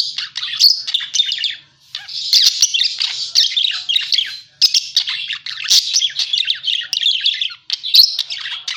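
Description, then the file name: Parakeet chattering in bursts of scratchy chirps and squawks, broken by a few short silences. Lure sound used for catching birds. "pancingan suara burung parkit"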